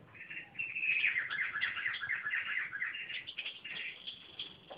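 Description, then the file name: Sunbird song: a fast, high twittering run of chirps and trills, tumbling and uneven over a few seconds. "suara burung kolibri convert by om kicau"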